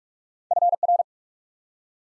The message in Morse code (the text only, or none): FR